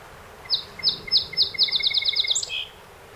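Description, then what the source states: Song sparrow song: four slow, separate high notes speeding into a rapid rattling trill, closing with a sharp higher note and a short buzzy tail. A set of 48 songs recorded on 7 June 2018.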